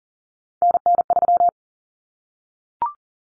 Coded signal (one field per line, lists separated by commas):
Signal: Morse code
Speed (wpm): 40 wpm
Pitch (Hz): 700 Hz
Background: none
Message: NN3